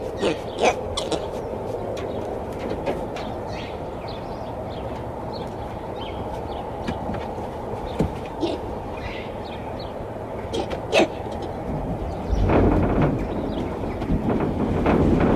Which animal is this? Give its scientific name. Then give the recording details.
Ateles geoffroyi. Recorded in captivity. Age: adult. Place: Tierpark Berlin, Berlin, DE. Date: 1976-11-20 10:00. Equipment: Uher 4200 Report Stereo, Sennheiser MD 421 HL, Verstärker. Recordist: Tembrock, Günter